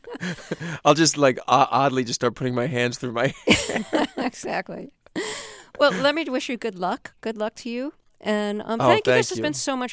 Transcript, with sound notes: I'll just, like, oddly just start putting my hands through my hair.
(LAUGHTER)
Exactly. Well, let me wish you good luck. Good luck to you and thank you.